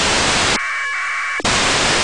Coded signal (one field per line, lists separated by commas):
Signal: packet radio (AX.25, as in APRS)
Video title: ISS packet receive with rtl-sdr dongle and antenna turnstile.